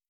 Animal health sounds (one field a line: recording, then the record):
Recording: hydrophone in a shrimp aquaculture tank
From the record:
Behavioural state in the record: feeding